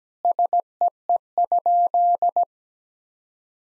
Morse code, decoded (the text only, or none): SEE?